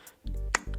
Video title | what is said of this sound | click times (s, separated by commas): HUANUO: Desk Mount Stand Review! How EASY Is This To Install?...Here's The Results (Install Guide) | It snaps into place and that's it. | 0.6 s